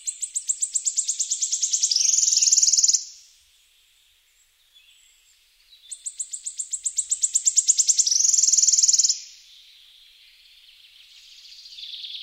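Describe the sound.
Wood warbler song: a ticking series of high notes accelerating into a shimmering trill, given twice about six seconds apart, with quiet pauses between.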